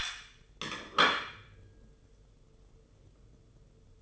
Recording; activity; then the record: daily activity, microphone in the room; place plate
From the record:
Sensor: 4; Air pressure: 995.3 hPa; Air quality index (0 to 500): 197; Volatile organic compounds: 137 ppm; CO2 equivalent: 3960 ppm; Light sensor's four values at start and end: 9/22/8/10 and 9/23/9/10